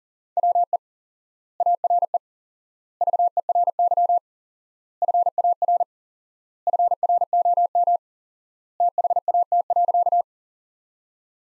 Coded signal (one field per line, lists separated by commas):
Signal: Morse code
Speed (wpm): 40 wpm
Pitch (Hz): 700 Hz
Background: none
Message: WE ARE VERY FAR FROM THAT.